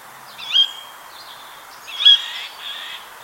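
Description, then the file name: Eurasian jay giving two harsh, scratchy calls about one and a half seconds apart, with a softer rasping note trailing the second, over faint background hiss. "Garrulus glandarius"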